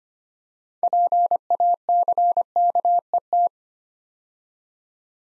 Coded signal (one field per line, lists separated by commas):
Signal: Morse code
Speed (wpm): 25 wpm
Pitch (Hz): 700 Hz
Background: none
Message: PACKET